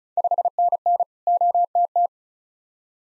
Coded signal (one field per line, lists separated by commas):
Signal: Morse code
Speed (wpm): 34 wpm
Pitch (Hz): 700 Hz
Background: none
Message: 5NN OTT